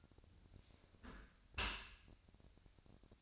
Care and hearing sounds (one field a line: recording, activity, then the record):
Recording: daily activity, microphone in the room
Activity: close dishwasher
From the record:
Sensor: 2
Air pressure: 1006.7 hPa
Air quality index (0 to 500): 200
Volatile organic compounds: 14 ppm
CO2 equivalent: 2450 ppm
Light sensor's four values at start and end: 9/22/9/9 and 9/22/9/9